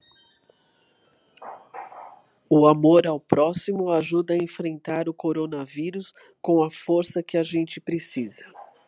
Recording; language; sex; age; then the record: spoken sentence; Brazilian Portuguese; female; 60 to 69 years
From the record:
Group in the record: control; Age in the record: 63 years